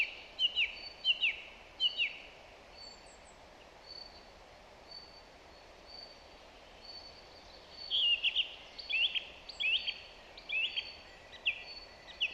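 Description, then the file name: Song thrush song: bright whistled notes repeated in short series, a quiet gap, then another run of repeated slurred phrases over background hiss. "Zanglijster Turdus philomelos"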